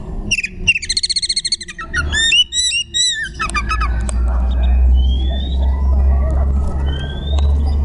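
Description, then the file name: Magpie-robin singing rapid trilled and repeated looping whistles for about three seconds, then quieter rising whistles over a loud low hum. Song in the ngekek style, with tembakan phrasing. "kacer tembakan ngekek"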